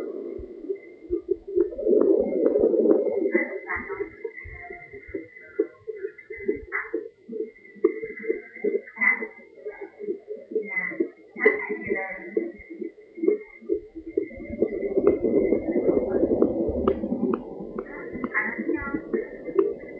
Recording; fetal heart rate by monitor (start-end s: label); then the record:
fetal heart sounds by stethoscope on the mother's abdomen
0.00-10.00 s: 132 bpm
10.00-20.00 s: 138 bpm
From the record:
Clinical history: decreased amniotic fluid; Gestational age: 29 weeks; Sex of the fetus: boy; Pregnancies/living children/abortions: 1/0/0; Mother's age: 24 years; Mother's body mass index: 23.7